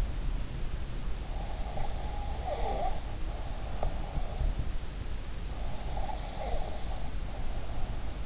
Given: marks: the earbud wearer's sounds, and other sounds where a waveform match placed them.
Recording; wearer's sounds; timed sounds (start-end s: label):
sounds in sleep by an in-ear microphone; breath
1.36-4.39 s: breath
5.50-8.25 s: breath